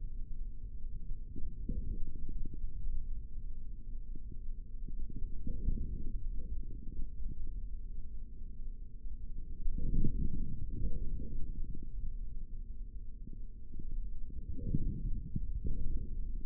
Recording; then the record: forearm muscle sounds (acoustic myography)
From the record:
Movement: forearm supination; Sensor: system 3, bracelet of six PUI Audio POM-2738L microphones around the upper forearm, with dedicated amplification and filtering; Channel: 3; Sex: male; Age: 25 years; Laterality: right